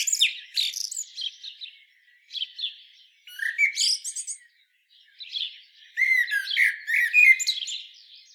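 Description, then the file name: Common blackbird giving bursts of squeaky, twittering notes and short warbled phrases, separated by brief pauses, with a busier jumble of high chirps near the end. "Turdus merula"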